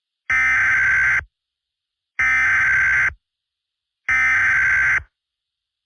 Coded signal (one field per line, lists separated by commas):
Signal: Emergency Alert System (SAME) tones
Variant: header bursts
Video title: EAS MOCK For Civil Danger Warning